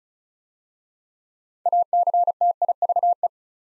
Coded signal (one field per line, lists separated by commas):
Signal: Morse code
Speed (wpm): 36 wpm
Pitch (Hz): 700 Hz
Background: none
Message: ACTIVE